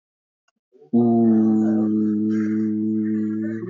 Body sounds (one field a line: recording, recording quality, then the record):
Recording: sustained vowel as in boot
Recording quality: excellent, no background noise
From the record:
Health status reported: recovered from COVID-19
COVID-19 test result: positive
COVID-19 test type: RT-PCR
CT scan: not taken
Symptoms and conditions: cold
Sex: male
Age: 20 years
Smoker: no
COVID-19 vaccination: one dose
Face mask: worn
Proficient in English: yes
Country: India